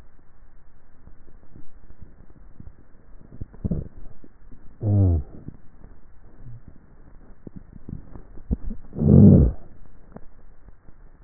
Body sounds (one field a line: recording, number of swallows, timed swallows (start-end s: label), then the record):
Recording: swallowing sounds by neck microphone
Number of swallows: 2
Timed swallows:
3.28-3.92 s: swallow
8.08-8.58 s: swallow
From the record:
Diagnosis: dysphagia